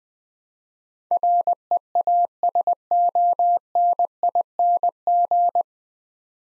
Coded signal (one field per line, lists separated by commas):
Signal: Morse code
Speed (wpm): 20 wpm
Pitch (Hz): 700 Hz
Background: none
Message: REASONING